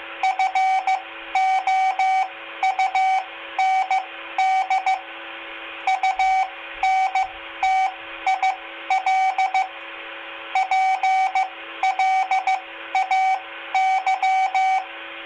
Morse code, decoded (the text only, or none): FOUND UNTIL PLAY